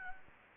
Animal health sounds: mosquito wingbeat signal from an infrared sensor; Anopheles gambiae

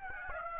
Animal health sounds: mosquito wingbeat signal from an infrared sensor; Aedes aegypti

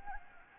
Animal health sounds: mosquito wingbeat signal from an infrared sensor; Anopheles gambiae

